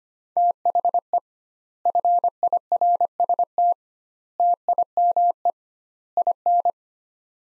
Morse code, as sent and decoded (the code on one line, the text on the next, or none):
- .... . / ..-. .. .-. ... - / - .. -- . / .. -.
THE FIRST TIME IN